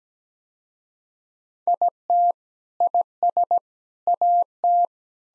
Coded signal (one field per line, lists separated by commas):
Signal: Morse code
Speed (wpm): 17 wpm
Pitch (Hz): 700 Hz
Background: none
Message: IT IS AT